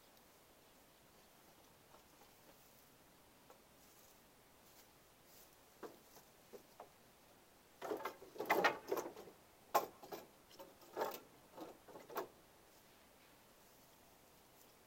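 Dry wooden knocks and taps, sparse at first with a few light ticks in the first six seconds, then clustering into a busier run of clacks and rubbing scrapes between eight and twelve seconds. A faint steady hiss sits underneath throughout.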